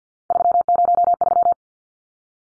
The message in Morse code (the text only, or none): 303